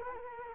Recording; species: mosquito wingbeat signal from an infrared sensor; Culex quinquefasciatus